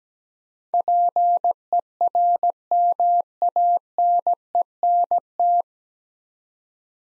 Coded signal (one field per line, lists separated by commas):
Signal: Morse code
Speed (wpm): 17 wpm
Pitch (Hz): 700 Hz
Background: none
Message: PERMANENT